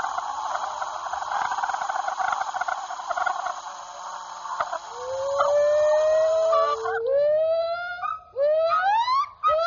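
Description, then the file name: Monkey calls: after several seconds of broad hiss-like noise, a series of loud rising whoops, each sweeping upward and repeated in quick succession. "affe"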